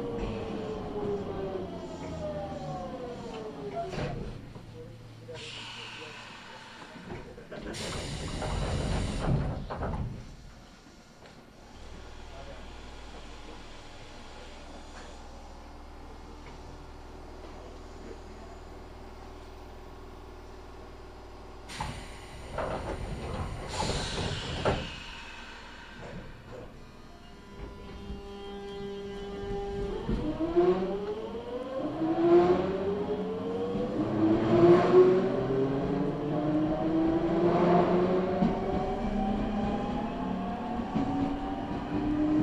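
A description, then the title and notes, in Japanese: A Nankai Line local train running from Izumisano toward Hakotsukuri. Motor whine rises and falls with the train's speed, and sharp bursts of rattling or doors come near 8 and 23 seconds. A quieter steady hum settles in the middle, then whining tones climb again toward the end. 耳で楽しむ鉄道旅 南海電鉄南海線 普通 泉佐野→箱作。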